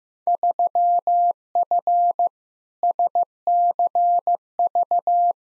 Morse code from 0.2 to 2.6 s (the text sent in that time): 3F